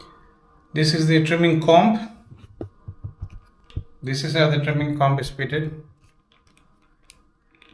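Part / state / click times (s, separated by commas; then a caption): plastic comb attachment onto electric trimmer head / not seated / none. A plastic trimming comb attachment is handled at the head of a Xiaomi Uniblade electric beard trimmer while someone talks. Between the speech come a few short, faint taps and clicks of handling. The comb has not seated or clicked into place yet.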